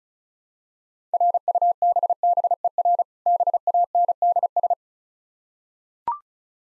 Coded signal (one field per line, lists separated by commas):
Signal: Morse code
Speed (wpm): 36 wpm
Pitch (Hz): 700 Hz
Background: none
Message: RUBBER BANDS